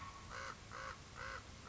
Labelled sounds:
American Crow
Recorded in Sonoma County, California

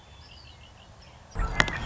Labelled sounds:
Red-winged Blackbird
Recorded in Sonoma County, California

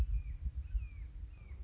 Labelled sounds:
Red-shouldered Hawk
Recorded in Sonoma County, California

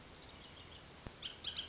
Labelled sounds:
Bullock's Oriole
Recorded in Sonoma County, California

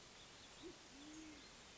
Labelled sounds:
Band-tailed Pigeon
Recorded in Sonoma County, California

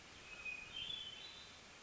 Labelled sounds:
Hermit Thrush
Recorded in Sonoma County, California

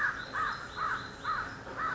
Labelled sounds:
American Crow
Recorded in Sonoma County, California

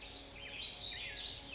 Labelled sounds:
Warbling Vireo
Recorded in Sonoma County, California

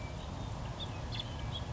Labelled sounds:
House Finch
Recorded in Sonoma County, California

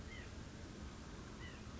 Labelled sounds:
White-breasted Nuthatch
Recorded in Sonoma County, California

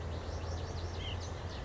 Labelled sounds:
White-breasted Nuthatch
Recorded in Sonoma County, California

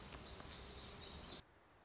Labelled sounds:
Black-throated Gray Warbler
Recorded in Sonoma County, California

